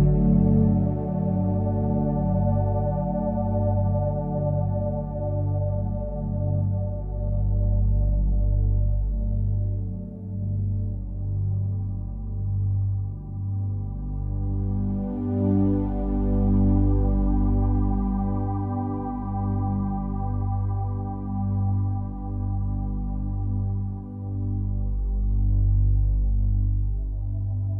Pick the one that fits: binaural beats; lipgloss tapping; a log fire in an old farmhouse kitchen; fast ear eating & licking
binaural beats